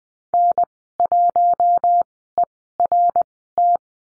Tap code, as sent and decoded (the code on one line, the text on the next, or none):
none